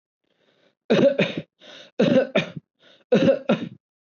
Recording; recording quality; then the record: heavy voluntary cough; excellent, no background noise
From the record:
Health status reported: COVID-19 positive, mild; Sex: male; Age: 23 years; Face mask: not worn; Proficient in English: yes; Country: India